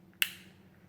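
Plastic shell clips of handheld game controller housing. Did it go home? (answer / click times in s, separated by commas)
released / 0.2 s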